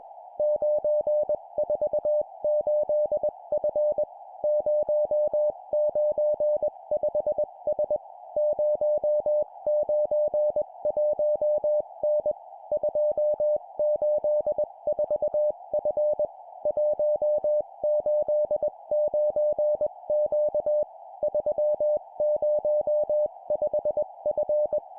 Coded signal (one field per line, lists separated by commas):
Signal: Morse code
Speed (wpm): 21 wpm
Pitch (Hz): 600 Hz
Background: music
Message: 948F 095S 091N 284F 189Q 305F